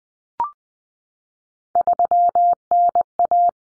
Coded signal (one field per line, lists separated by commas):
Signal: Morse code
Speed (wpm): 20 wpm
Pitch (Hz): 700 Hz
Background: none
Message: 3NA